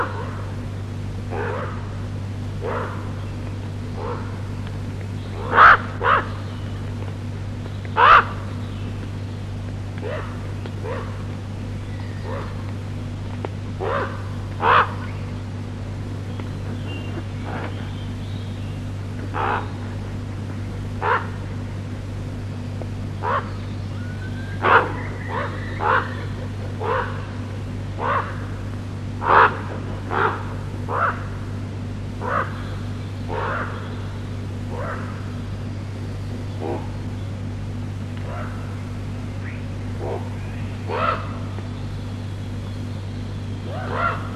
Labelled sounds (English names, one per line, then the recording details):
Common Raven flight call
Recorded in the wild
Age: adult
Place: Friedrichsmoor, Landschaftsschutzgebiet Lewitz, Mecklenburg-Vorpommern, DE
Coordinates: 53.4572, 11.5731
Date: 1965-05-21 05:16
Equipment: Grundig TK 4, BG 20/6 - 19 cm/s
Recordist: Schubert, Michael